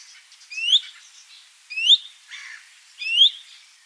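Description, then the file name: Common chaffinch giving three upslurred, ringing calls a little over a second apart, with a softer lower note between the second and third. "Fringilla coelebs"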